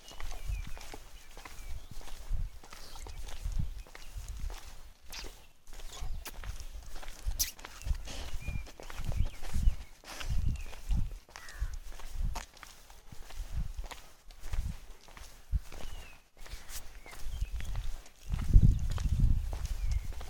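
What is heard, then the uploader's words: A morning walk along a breezy road, with steady footsteps thudding low about twice a second throughout. Wind buffets the microphone in gusts, heaviest near the end, while faint birdsong and voices sit in the background. Morning walkthrough at the Nilgiris. A pleasant morning walk at the breezy roads of nilgiris.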